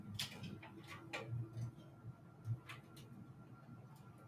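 A component is handled and pushed toward its place on a washing machine during a repair. Short, sharp ticks and light knocks sound over a low steady hum, with the first and loudest tick near the start. Nothing has seated or clicked yet.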